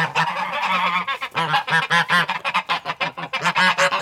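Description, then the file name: Goose: geese honking in a dense, overlapping chorus, harsh nasal calls tumbling over one another in rapid bursts with brief gaps. Geese indoors. "Digiffects Sound Effects Library - Geese Indoors"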